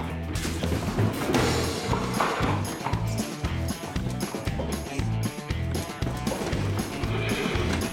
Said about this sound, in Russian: Лошадь, лошадь, лошадь, лошадь.